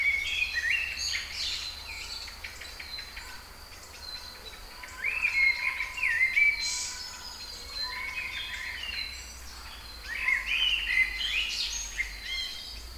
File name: Singing Birds Kouri Forest Salonika 22 05 12 18 35